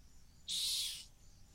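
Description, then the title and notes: Rock hyrax call: a brief, harsh high-pitched squeal of roughly half a second, abrupt start and soft tail, otherwise quiet. Calling from the edge of a gorge in the Masai Mara. "Rock Hyrax calling at Gorge. A rock hyrax calling from the edge of a gorge in the Masai Mara"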